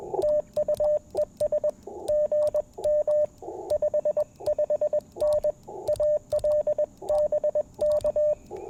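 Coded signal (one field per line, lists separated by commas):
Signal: Morse code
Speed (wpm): 21 wpm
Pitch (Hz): 600 Hz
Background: radio noise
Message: TUES GM 55N ALBK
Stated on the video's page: QRP CW Parks on the Air activation with an Icom IC-705, Modern Morse Nameless key, Packtenna random wire and Elecraft T1 tuner.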